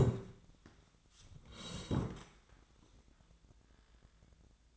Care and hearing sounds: daily activity, microphone in the room; sit down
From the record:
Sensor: 3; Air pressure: 1012.3 hPa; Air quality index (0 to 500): 172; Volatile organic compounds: 3 ppm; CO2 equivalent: 1319 ppm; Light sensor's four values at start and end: 69/168/77/83 and 76/172/83/89

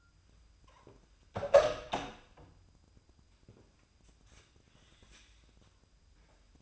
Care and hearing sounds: daily activity, microphone in the room; open door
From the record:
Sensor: 2

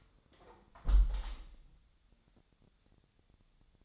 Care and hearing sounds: daily activity, microphone in the room; close window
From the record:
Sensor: 3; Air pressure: 1014.9 hPa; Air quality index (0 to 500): 28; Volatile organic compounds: 1 ppm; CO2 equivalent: 517 ppm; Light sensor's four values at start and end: 10/23/9/9 and 10/23/9/9

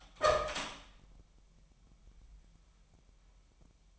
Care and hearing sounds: daily activity, microphone in the room; open door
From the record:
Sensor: 1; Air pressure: 998.5 hPa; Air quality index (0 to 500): 129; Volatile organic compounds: 4 ppm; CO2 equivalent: 1542 ppm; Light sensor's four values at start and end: 19/64/25/26 and 19/63/25/26

